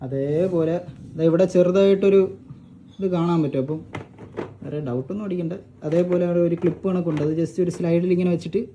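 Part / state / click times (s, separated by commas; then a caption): plastic side panel onto game console body / not seated / none. A plastic side panel is being handled on a PS5 game console body, to be slid along its track and pushed home so it locks. Someone talks throughout, with faint handling noises underneath. Nothing has seated or clicked yet.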